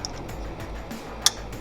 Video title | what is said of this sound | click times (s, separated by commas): CHECK IT OUT!!🔥🔥 QTE #1025 Jeep JT Gladiator Tail Light Install!! - Quake LED | and you'll hear it click, and then we're gonna plug this one in line, and you'll hear a nice little click as well. | 1.3 s